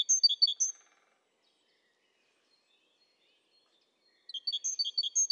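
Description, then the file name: Great tit: a short burst of high, sharp alternating notes at the start, several seconds of silence, then another quick ringing series. "Parus major"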